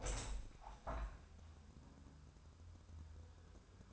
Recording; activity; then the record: daily activity, microphone in the room; open window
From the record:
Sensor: 2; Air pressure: 1006.5 hPa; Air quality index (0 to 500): 204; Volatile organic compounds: 15 ppm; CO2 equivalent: 2497 ppm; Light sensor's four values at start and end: 9/21/9/9 and 9/22/9/9